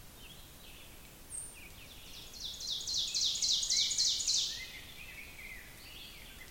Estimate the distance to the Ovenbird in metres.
about 40 m